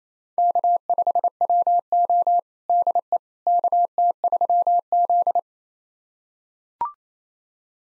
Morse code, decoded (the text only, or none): K5WO DE KT3Z